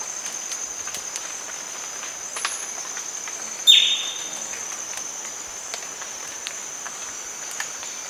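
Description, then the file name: Bird voicing one brief downward-sweeping note amid a long stretch of steady high whine and scattered faint clicks. "SABIOD 50 bird 2015"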